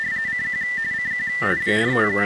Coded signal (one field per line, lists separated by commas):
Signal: RTTY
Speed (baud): 45.45 baud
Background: speech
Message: CQ CQ WRT